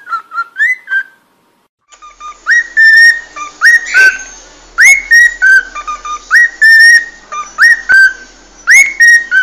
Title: Canto De 1 Hora Para Treinar Calopsita